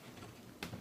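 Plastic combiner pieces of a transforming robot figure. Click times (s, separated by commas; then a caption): 0.6 s. Plastic pieces of a transforming robot figure's combined form are pushed together after a struggle, and a single sharp tick sounds at 0.6 s as they snap into place. Afterward someone talks and confirms the pieces are seated.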